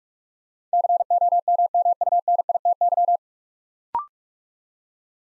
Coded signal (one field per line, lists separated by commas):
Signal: Morse code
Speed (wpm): 44 wpm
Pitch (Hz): 700 Hz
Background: none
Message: COMMUNITY